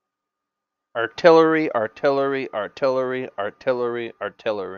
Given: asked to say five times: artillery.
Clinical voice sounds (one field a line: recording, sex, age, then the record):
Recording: repeated word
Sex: male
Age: 20 to 29 years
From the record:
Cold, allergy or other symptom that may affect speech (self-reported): no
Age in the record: 28 years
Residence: Massachusetts, United States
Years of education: 12